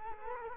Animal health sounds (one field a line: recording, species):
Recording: mosquito wingbeat signal from an infrared sensor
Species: Culex quinquefasciatus